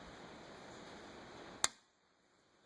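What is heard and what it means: A hand pulls down the pan of a steel foothold trap, so the dog rides up the filed groove and catches the night latch. A steady hiss runs until a single sharp metallic click at 1.6 s, and then it falls quiet. The night latch is engaged.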